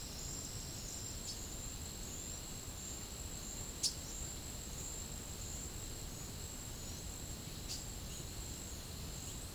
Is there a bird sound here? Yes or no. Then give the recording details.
no. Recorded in pastures near Puerto Asís, Putumayo, Colombia, on 13 March 2025 at 10:00. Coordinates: 0.505, -76.324. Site GP08